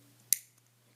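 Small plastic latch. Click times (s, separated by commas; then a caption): 0.3 s. A plastic missile is pushed into the spring-loaded launcher of an Iron Man/Iron Patriot Assemblers action figure's missile-blasting shield. It clicks sharply into place at 0.3 s, followed by a faint tick at 0.6 s over a low steady hum. The missile is seated.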